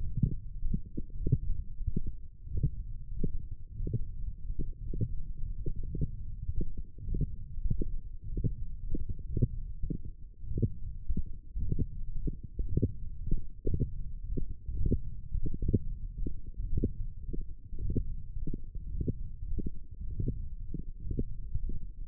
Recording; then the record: forearm muscle sounds (acoustic myography)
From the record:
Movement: wrist extension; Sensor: system 1, eight BSWA MPA416 microphones around the upper forearm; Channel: 1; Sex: male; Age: 23 years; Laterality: right